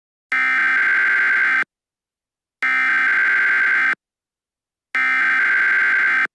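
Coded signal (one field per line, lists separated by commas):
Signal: Emergency Alert System (SAME) tones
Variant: header bursts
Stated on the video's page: Fictional EAS scenario for entertainment, possibly containing valid EAS tones.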